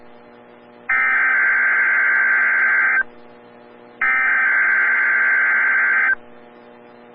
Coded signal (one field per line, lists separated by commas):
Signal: Emergency Alert System (SAME) tones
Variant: header bursts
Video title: EAS #2,970-2,972 Earth Day Required Weekly Tests